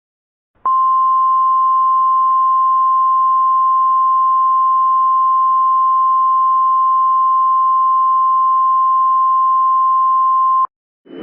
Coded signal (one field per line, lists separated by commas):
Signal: Emergency Alert System (SAME) tones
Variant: 1050 Hz attention tone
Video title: EAS Shorts: GRIMACE